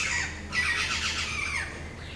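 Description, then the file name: Bird calls, a dense burst of harsh, squawking notes overlapping over about two seconds, with a low steady hum underneath. Birds at Palenque. "Pajaros Palenque"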